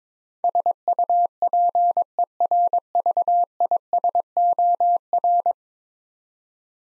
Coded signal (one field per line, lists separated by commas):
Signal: Morse code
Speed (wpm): 22 wpm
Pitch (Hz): 700 Hz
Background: none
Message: SUPERVISOR